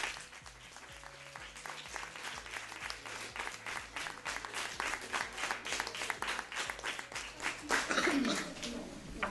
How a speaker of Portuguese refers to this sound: un forte aplauso para todos.